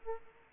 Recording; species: mosquito wingbeat signal from an infrared sensor; Aedes aegypti